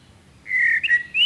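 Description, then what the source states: Common blackbird fluty whistle: a sustained mellow note, a short wavering dip, then a brief rising ending. Nominate subspecies Turdus merula merula.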